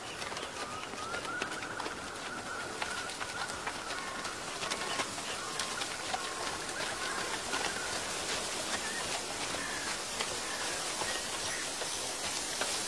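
Dry fallen leaves rustle and crackle in a dense, steady layer for the whole stretch, dotted with frequent sharp little clicks and snaps. A thin, faint birdlike tone drifts through the first half, and the overall level stays even throughout.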